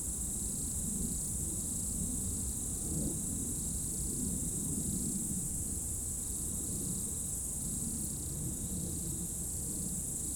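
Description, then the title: Insects producing a constant high shimmering chorus with pulsed chirps, over a steady low drone. Insects in roadside bank and trees at dusk, first hairpin of Col du Chat road, Bourdeau, France; recorded on Tascam DAP1 DAT, from a 2006 CDR. "route col du Chat, Bourdeau, France - Tutti insectes"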